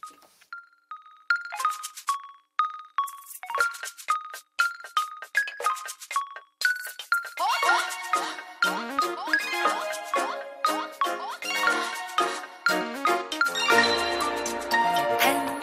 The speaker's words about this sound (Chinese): 我们先听歌